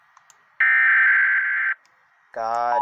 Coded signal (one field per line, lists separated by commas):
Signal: Emergency Alert System (SAME) tones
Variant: header bursts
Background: speech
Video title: EAS 606 TRW for FL